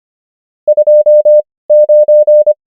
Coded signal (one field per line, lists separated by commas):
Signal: Morse code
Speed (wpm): 25 wpm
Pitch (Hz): 600 Hz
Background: none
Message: 29